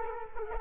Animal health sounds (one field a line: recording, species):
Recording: mosquito wingbeat signal from an infrared sensor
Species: Culex quinquefasciatus